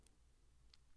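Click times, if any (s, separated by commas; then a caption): 0.7 s. The top RAM module is pushed down, after being inserted at an angle, into the laptop's SO-DIMM memory slot in a 13-inch Unibody Mid 2012 MacBook Pro being upgraded from 8GB to 16GB. A faint tick is heard at 0.1 s over a low steady hum, then a single sharp click at 0.7 s as the side levers latch. The module is seated all the way.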